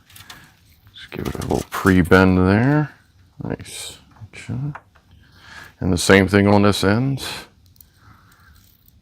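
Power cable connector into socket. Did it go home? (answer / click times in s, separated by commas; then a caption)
no / none. A power cable connector is handled near its socket during a gaming PC build with an i7-14700K, an RTX 4070 Ti Super 16GB and 32GB of Corsair Vengeance RAM. Someone talks over soft handling ticks and light rustles. Nothing has seated or clicked yet.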